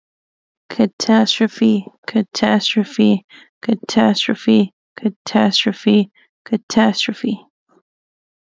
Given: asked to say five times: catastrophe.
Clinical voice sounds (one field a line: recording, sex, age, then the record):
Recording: repeated word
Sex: female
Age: 20 to 29 years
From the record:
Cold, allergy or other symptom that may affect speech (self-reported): no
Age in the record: 29 years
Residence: Minnesota, United States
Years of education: 12